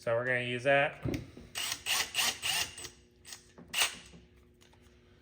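A small SDS masonry drill bit is handled at a hammer drill's chuck while someone talks briefly at the start. A series of short rattling, scraping bursts follows from about 1.5 to 4 seconds, but nothing has seated or clicked into the chuck yet.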